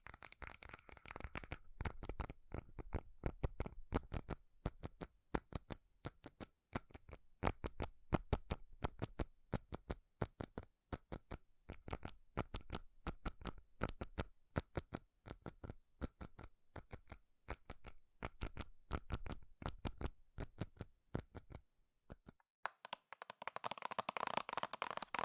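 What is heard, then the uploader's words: Fast, irregular tapping on metal, sharp bright clicks in dense bursts for about twenty seconds, then a softer, muffled rustle closes. ASMR FAST & FURIOUS TAPPING Metal Sounds (No Talking).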